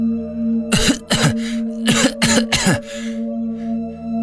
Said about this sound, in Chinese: 江瑶捂着胸口痛苦地咳嗽着，虽然有腾蛇的保护使得他不至于当场毙命，但追逐之间他还是不可避免地吸到了几口毒气。